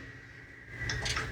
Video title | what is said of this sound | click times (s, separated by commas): NEW Spark Plugs + Wires + Coil Pack (P0301 Misfire FIXED!) - 2002 Ford Ranger | And push it down till it clicks. | 0.9 s